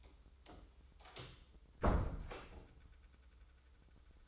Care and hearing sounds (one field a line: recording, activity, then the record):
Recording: daily activity, microphone in the room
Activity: close door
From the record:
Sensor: 3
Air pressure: 996.2 hPa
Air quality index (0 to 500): 48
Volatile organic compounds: 2 ppm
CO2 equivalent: 1000 ppm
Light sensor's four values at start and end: 14/34/14/14 and 14/33/14/14